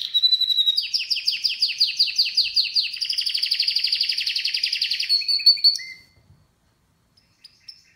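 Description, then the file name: Canary song: a clear whistled note, then rapid rolling trills of repeated syllables for several seconds, ending in a short high whistle and quiet. "Canary Voice"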